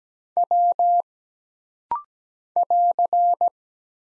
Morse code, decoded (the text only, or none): W <AR>